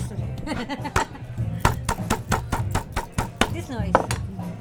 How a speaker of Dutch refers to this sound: Wordt nu met een fles op ijsblokjes geslagen en die ijsblokjes hebben zich verstopt in een theedoek.